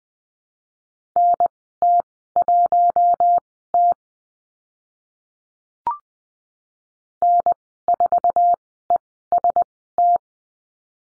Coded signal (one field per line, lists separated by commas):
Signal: Morse code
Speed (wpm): 20 wpm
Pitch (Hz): 700 Hz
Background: none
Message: NT1T N4EST